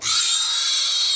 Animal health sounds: pig call; weaner (32 to 43 days)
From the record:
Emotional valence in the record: negative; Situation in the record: restrain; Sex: male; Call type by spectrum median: high-frequency call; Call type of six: high-frequency stable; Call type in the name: high-frequency stable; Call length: 1.17 s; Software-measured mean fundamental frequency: 228 Hz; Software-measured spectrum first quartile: 3913 Hz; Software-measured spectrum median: 5642 Hz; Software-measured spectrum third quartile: 8211 Hz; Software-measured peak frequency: 3853 Hz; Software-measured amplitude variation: 59 dB a second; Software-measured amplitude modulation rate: 27.5 a second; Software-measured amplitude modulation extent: 2.1 dB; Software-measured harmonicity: 1.8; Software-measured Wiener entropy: -1.99

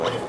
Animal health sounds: pig call; piglet (1 to 25 days)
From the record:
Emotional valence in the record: positive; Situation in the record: huddling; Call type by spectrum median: low-frequency call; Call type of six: low-frequency stable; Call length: 0.29 s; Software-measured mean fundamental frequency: 59 Hz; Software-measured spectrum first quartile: 458 Hz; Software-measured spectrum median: 760 Hz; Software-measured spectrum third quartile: 1638 Hz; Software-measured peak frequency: 491 Hz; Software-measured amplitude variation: 106 dB a second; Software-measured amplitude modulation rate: 18.8 a second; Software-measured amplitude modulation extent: 5.6 dB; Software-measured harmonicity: 1.8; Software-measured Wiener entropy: -1.03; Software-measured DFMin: 1065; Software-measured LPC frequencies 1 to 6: 547, 1136, 1859, 3044, 3739, 4591 Hz

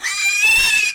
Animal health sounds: pig call; piglet (1 to 25 days)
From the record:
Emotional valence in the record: negative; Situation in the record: castration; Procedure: castration, fixation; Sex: male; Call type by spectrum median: high-frequency call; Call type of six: high-frequency modulated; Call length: 0.95 s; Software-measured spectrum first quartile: 2531 Hz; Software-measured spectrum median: 3136 Hz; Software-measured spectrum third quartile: 5770 Hz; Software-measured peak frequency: 2627 Hz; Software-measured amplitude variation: 120 dB a second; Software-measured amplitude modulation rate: 20.6 a second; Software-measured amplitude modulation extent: 5.9 dB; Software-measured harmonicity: 10.9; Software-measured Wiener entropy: -3.02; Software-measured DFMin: 731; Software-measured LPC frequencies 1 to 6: 1227, 1983, 2600, 3693, 4697, 5381 Hz

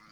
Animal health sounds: pig call; piglet (1 to 25 days)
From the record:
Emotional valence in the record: positive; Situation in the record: reunion after long isolation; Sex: female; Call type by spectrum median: low-frequency call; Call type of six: low-frequency tonal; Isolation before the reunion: 8 minutes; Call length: 0.12 s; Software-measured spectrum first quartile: 913 Hz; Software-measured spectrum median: 1608 Hz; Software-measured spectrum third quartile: 3223 Hz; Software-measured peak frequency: 1196 Hz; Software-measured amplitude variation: 39 dB a second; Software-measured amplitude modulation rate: 16.0 a second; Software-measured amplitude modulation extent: 2.4 dB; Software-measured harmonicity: -0.1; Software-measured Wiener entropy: -1.39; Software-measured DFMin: 612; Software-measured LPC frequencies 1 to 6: 1249, 2075, 3234, 4762, 5435, 9846 Hz

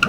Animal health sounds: pig call; piglet (1 to 25 days)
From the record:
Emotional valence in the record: positive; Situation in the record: after nursing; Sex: male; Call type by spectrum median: low-frequency call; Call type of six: high-frequency stable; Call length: 0.09 s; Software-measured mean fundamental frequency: 204 Hz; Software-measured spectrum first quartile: 1160 Hz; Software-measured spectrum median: 1674 Hz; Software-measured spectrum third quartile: 2854 Hz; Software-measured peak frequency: 1403 Hz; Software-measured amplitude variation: 154 dB a second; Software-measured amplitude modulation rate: 11.4 a second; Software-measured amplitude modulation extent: 13.5 dB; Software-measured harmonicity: 5.9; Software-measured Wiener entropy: -2.10

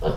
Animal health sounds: pig call; piglet (1 to 25 days)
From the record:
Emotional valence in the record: positive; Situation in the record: reunion after long isolation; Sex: female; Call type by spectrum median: low-frequency call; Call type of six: low-frequency tonal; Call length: 0.18 s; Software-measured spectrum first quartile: 86 Hz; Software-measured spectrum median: 341 Hz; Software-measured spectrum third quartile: 582 Hz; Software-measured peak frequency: 473 Hz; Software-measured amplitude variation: 120 dB a second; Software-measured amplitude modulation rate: 19.9 a second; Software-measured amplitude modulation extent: 6.0 dB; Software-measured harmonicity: -0.9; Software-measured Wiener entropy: -0.89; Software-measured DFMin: 967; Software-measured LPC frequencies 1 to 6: 506, 1392, 2980, 3565, 4595, 5126 Hz

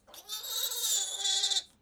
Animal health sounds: pig call; piglet (1 to 25 days)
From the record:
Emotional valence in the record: negative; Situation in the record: restrain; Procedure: back test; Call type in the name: high-frequency call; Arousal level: maximum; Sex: male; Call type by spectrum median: high-frequency call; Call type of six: high-frequency stable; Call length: 1.82 s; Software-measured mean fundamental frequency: 221 Hz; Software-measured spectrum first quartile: 3718 Hz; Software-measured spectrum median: 5357 Hz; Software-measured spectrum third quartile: 7839 Hz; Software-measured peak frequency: 3537 Hz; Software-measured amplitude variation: 194 dB a second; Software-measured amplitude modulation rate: 18.7 a second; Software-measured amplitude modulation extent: 10.4 dB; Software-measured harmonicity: 4.6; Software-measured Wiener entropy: -2.03

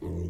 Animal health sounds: pig call; weaner (32 to 43 days)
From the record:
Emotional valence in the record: positive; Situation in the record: positive conditioning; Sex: female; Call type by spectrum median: low-frequency call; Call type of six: low-frequency stable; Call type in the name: low-frequency stable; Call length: 0.29 s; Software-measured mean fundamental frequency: 43 Hz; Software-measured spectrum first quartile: 94 Hz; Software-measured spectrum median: 179 Hz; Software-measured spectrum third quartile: 360 Hz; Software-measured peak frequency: 351 Hz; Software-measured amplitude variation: 61 dB a second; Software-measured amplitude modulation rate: 28.9 a second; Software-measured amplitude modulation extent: 2.1 dB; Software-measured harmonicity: -1.7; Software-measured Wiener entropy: -0.34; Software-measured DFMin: 1019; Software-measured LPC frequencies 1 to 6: 326, 1993, 2907, 3662, 6182, 8373 Hz

